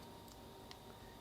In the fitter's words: it locks into place